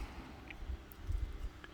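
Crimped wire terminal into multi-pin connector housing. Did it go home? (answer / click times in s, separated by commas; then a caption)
no / none. A red wire's crimped terminal is handled at a multi-pin plug housing during a CB radio install on a DR200, with faint short ticks at about 0.5, 0.9 and 1.6 seconds over a low background rumble. The terminal has not yet gone home, and nothing has seated or clicked yet.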